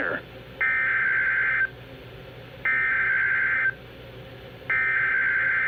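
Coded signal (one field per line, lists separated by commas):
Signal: Emergency Alert System (SAME) tones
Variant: header bursts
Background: speech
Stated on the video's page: Real Colorado weather alerts, including tornado, flash flood and severe thunderstorm warnings.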